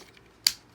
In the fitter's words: bring it down snap it in place and like i was telling you this piece slides up